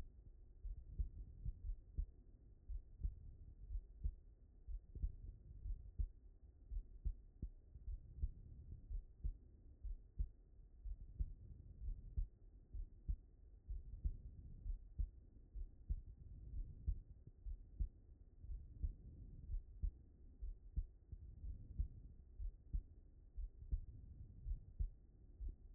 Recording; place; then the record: heart sounds by stethoscope; aortic valve (AV)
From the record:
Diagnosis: non-HFrEF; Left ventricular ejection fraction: 57%